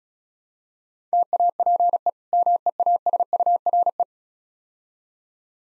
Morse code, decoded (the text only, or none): TAPE MEASURE